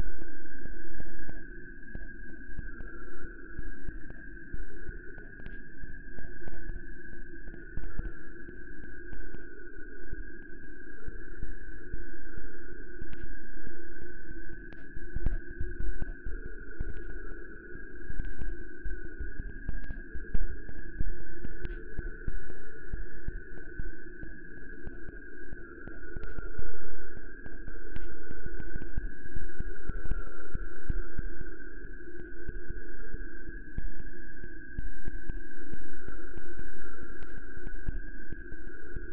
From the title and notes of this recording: A three hour composition for headphones. The piece is tones, grumbles, wa-wa’s, groans, beats and other sounds created through digital signal processing of Niagara Falls.